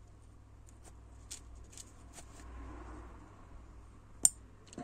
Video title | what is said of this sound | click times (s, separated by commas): Shielded wiring, for those vital sensors | There we go, nice satisfying click. | 4.3 s